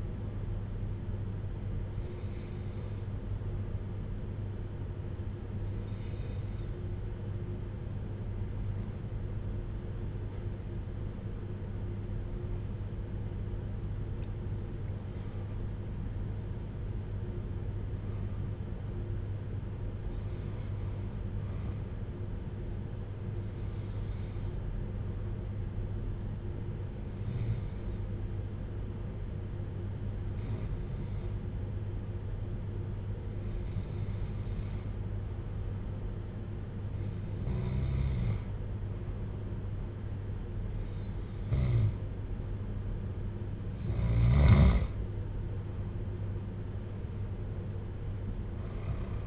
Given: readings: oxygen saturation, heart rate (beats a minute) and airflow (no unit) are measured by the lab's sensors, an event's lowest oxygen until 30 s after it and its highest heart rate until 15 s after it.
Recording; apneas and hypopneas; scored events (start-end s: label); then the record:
breathing in sleep by a smartphone at the bedside; 1
3.00-44.10 s: hypopnea (N2, oxygen 94% highest, then 91% lowest, heart rate 58 at the start, 73 highest)
From the record:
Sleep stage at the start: N2 (light sleep); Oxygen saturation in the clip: 91 to 94%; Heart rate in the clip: 58 to 73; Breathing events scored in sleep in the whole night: 310 in 8.1 hours asleep